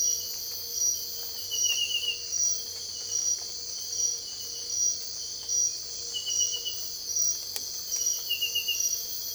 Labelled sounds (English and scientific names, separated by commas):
none